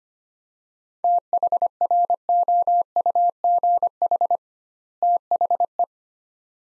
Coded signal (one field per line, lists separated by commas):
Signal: Morse code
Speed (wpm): 25 wpm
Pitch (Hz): 700 Hz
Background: none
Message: THROUGH THE